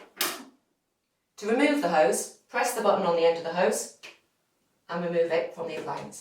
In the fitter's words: into the hose socket at the front of the appliance until it clicks into place